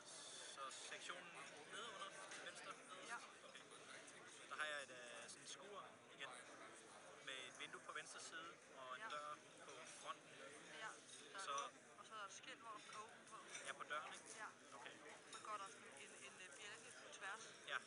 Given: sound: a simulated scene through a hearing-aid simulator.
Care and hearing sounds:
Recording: conversation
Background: cafeteria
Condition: 0 dB SNR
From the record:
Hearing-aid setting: IV (slow-acting compression, loudness normalization)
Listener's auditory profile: D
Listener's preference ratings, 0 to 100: 80, 61, 48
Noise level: 65 dB SPL

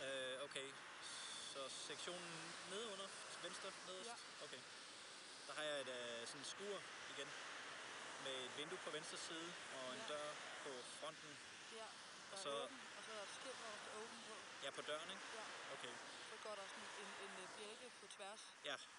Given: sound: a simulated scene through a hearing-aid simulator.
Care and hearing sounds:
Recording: conversation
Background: traffic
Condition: +4 dB SNR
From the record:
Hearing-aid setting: II (fast-acting compression, audibility-based gain, advanced features for about 2.5 dB of SNR improvement)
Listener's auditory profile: A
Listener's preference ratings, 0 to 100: 50, 76, 47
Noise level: 75 dB SPL

